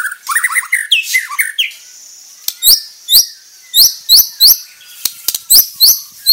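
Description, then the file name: White-rumped shama gives a brief burst of varied whistled song, then a series of sharp, high upslurred chips amid clicks. Murai batu of the Bordan variety. "Suara Murai Bordan"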